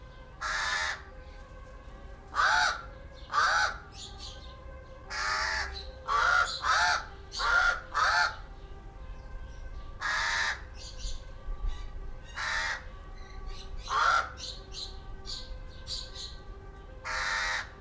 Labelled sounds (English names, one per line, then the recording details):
Pied Crow call
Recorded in captivity
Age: adult
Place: Zoo Berlin, Berlin, DE
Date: 1993-07-17 12:51
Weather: wolkig, 22°C
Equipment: Marantz CP 430, Sennheiser ME 80, Kopie Uher Variocord 263
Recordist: Tembrock, Günter